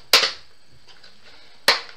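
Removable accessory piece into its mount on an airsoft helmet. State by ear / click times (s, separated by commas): seated / 0.1 s, 1.7 s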